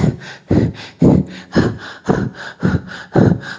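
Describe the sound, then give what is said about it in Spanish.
Someone imitates agitated, frightened breathing: about seven quick, loud, raspy breaths in a steady, hurried rhythm, harsh and airy like panting, with no words spoken. “Cuando una persona tiene miedo, empieza a respirar agitadamente.”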